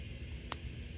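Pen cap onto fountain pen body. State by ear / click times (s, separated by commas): seated / 0.5 s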